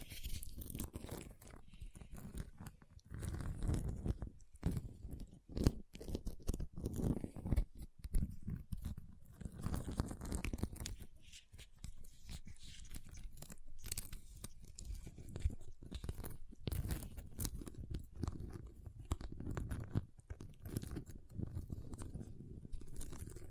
Ice Tapping, Scratching, Carving Sounds